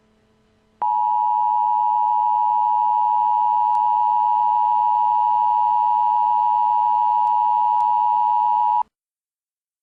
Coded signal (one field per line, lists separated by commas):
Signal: Emergency Alert System (SAME) tones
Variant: 853 and 960 Hz attention tone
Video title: Zombie EAS Alert: Zombie Army